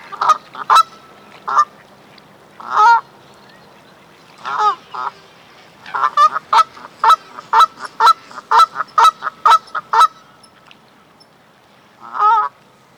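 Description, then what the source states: Bird honking repeatedly, short nasal calls coming fast and uneven, then a quick run of many honks and a last call after a pause. Canada.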